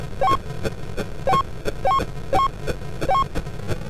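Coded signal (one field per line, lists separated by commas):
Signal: none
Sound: computer game sound effects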